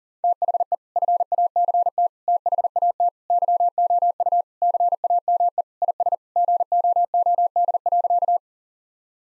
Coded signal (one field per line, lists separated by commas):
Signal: Morse code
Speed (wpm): 40 wpm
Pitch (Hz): 700 Hz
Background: none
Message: THE FACT THAT YOU CAME IS GOOD.